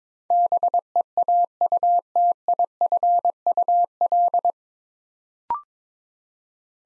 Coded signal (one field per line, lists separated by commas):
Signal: Morse code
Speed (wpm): 23 wpm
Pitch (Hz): 700 Hz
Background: none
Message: BEAUTIFUL